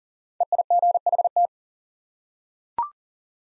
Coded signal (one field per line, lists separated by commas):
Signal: Morse code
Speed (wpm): 38 wpm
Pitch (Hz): 700 Hz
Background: none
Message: EIGHT